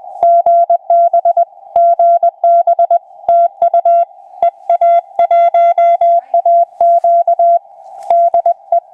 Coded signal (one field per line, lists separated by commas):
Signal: Morse code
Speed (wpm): 20 wpm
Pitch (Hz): 680 Hz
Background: none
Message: GB GB TU EA1AQ DE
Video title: EA1AQ: FT-897D Solar: CW QSO with DF2DM